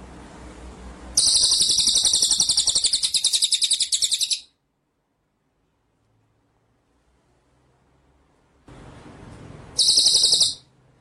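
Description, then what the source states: White-rumped shama song: a long, high, pulsing rolled trill, a pause of silence, then a short second trill burst over light background hiss. Masteran training song in rolling, shooting style (ngerol nembak).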